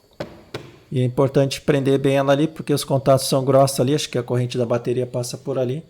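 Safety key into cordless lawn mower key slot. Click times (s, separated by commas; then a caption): 0.2 s, 0.6 s. A plastic safety key is pushed firmly into the key slot of a Makita DLM532 cordless lawn mower, which the battery current passes through via thick contacts. Two sharp clicks are heard at 0.2 s and 0.6 s as the key seats, followed by someone talking.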